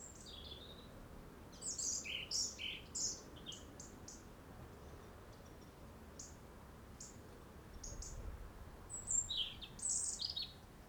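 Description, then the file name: European robin song: thin, high, varied phrases of sharp notes and short warbles in two bursts, with a quiet gap between them. "Erithacus rubecula"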